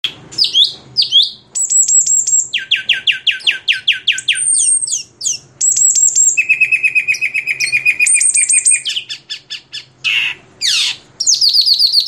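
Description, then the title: Greater green leafbird song packed with varied phrases: fast trills, runs of repeated notes, long high whistles and buzzy chatter, changing pattern every second or two. Champion bird singing a complete 'isian' song while spreading its wings. "Burung Cucak Ijo Juara Dunia Suara Isian Komplit Kibarkan Sayap"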